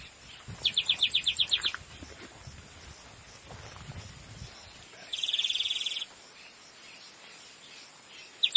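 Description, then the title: Bird song: a fast trill of several sharp repeated notes, a pause with soft sounds, then a dense buzzy trill lasting about a second, and a brief final note. "LuckyPassaro Completos2Sama"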